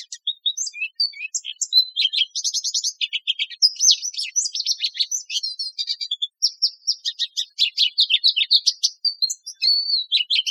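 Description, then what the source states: Bird calls, a continuous stream of sharp high chirps, whistled notes and short buzzy trills with hardly any gap. Recorded in Costa Rica.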